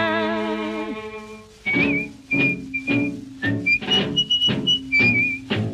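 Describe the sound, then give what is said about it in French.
A sustained, wavering chord gives way to a bright, high tune whistled by a man that hops between notes, riding over steady pulsing accompaniment beats. “Le soir à l'heure de l'apéro, il s'amenait dans notre bistrot, toujours tout seul, sans un copain, en sifflotant un drôle de retournin.”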